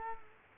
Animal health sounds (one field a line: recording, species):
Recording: mosquito wingbeat signal from an infrared sensor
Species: Culex quinquefasciatus